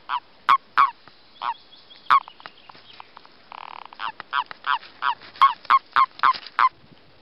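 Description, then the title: Common toad mating calls: short, nasal quacking notes with bright overtones, given in quick irregular runs of about three per second, with a brief steady buzzing tone midway. Recorded during breeding. "Reproduction du Crapaud commun"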